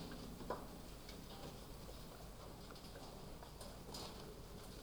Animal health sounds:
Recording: poultry house recording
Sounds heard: no chicken sound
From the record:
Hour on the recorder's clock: 2

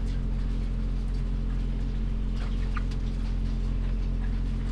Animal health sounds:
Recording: poultry house recording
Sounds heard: sick chickens (respiratory disease)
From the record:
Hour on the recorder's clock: 1

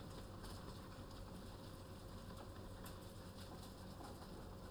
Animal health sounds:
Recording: poultry house recording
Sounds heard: healthy chickens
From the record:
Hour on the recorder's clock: 14

